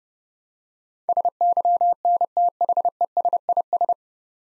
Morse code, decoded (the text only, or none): SYNTHESIS